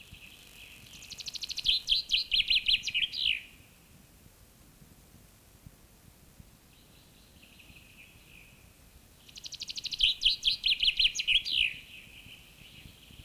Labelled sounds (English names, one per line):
Common Chaffinch song